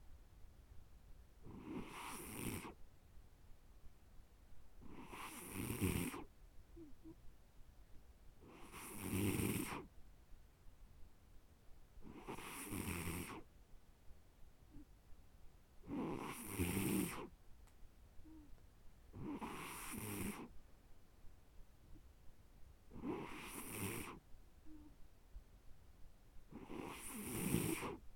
Snoring.